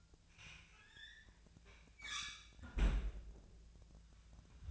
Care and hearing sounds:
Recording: daily activity, microphone in the room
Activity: close fridge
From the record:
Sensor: 2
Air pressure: 1009.5 hPa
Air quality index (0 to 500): 186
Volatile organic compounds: 12 ppm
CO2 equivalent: 2325 ppm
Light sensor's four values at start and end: 24/59/25/28 and 24/59/25/28

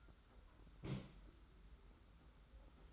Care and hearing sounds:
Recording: daily activity, microphone in the room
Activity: place on stove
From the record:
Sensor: 3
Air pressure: 991.1 hPa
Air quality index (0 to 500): 103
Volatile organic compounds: 37 ppm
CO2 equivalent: 3099 ppm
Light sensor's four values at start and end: 45/124/51/44 and 44/124/51/44

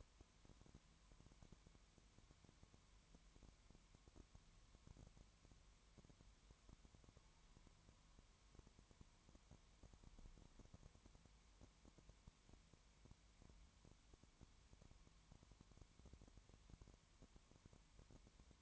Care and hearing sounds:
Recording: daily activity, microphone in the room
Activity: no activity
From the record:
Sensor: 3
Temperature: 20.1 degrees Celsius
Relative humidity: 31.4%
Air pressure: 1001.3 hPa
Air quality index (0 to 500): 74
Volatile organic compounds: 1 ppm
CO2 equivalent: 695 ppm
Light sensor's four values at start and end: 2/3/2/2 and 2/3/2/2

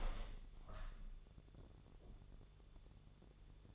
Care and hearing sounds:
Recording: daily activity, microphone in the room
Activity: open window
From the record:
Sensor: 4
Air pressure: 1001.3 hPa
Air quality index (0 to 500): 164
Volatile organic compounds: 2 ppm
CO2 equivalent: 1177 ppm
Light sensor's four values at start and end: 12/29/12/12 and 12/29/12/12

